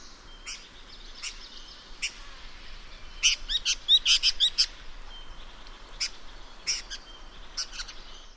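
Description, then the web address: Chinese babax calls: sharp, high chirping notes scattered throughout, with a dense cluster of rapid, bright notes in the middle before sparser single chirps return. "Babax lanceolatus. صدای-پرنده-باباکس-چینی"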